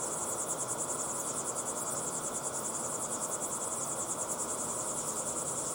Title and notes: Be still and listen to the crickets at sunset in the incredible Timanfaya pyroclastic desert on the island of Lanzarote. Enjoy the calm desert sounds of chirping crickets